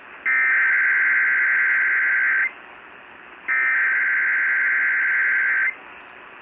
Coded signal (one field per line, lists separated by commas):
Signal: Emergency Alert System (SAME) tones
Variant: header bursts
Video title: Concerning Tennessee Amber Alert on WLAC-AM 1510 Nashville - 10/14/22 (EAS 1047)